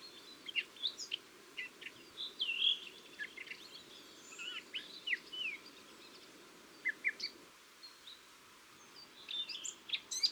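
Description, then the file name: Eurasian blackcap song, short scratchy and fluty warbled phrases repeated throughout, with brief pauses between bursts. "Sylvia atricapilla"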